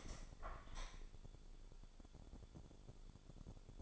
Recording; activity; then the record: daily activity, microphone in the room; open window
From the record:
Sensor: 5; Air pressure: 1015.0 hPa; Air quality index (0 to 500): 95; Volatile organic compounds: 2 ppm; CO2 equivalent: 1014 ppm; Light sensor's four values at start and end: 35/80/32/31 and 35/80/32/31